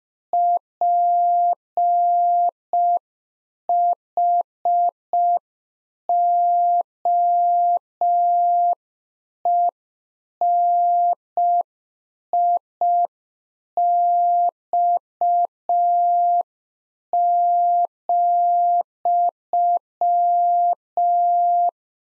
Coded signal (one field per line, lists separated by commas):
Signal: Morse code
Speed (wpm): 5 wpm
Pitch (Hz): 700 Hz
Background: none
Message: PHOENIX,